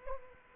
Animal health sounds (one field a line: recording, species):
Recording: mosquito wingbeat signal from an infrared sensor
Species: Aedes aegypti